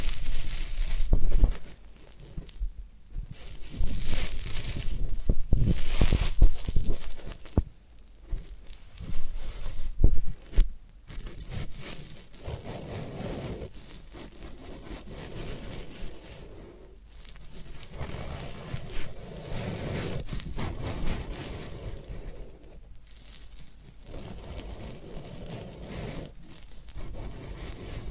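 Floral foam being pressed and broken, with dense crackly crumbling and tearing that come in uneven bursts, loudest early, then steadier softer scraping.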